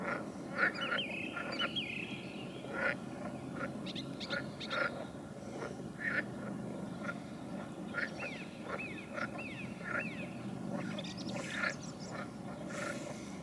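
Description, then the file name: Frogs give short, duck-like croaks at irregular intervals, accompanied by high chirping bird calls. "Nature Recordings - Frogs"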